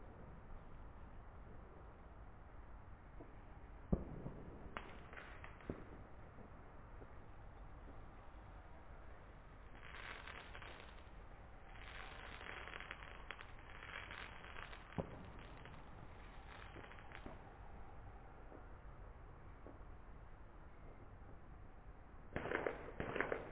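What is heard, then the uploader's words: Fireworks go off across the valley: scattered sharp bangs near 4, 5, 6 and 15 seconds, with crackling, fizzing bursts clustered around 10 to 13 seconds. A dense flurry of pops closes the clip, over a steady low rumble throughout. This was Tübingen last new years eve: an impressively loud fireworks display all up and down the valley.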